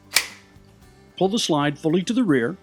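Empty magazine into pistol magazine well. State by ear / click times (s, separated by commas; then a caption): seated / 0.2 s. An empty magazine is pushed into the magazine well in the grip of a polymer Glock 19 pistol during a function check, giving a single sharp click at 0.2 s as it seats. After a short quiet pause, someone talks.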